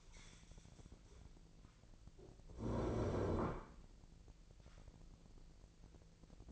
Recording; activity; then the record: daily activity, microphone in the room; stand up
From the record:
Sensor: 5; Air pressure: 1001.9 hPa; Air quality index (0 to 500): 245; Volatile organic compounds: 29 ppm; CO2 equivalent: 2942 ppm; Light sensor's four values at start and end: 44/105/43/47 and 44/105/44/47